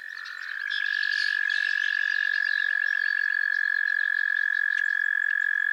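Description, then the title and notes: Frogs trilling; a loud, unbroken, buzzy trill starts within the first second and runs steadily on, beneath a busy scatter of fainter high chirps. A chorus of frogs calling to one another on a summer evening at Miners Marsh, Annapolis Valley, Nova Scotia. "Theraphonia - Frogsong at Miners Marsh. A chorus of frogs croon to one another on an idyllic summer evening in Miners Marsh, Annapolis Valley, Nova Scotia"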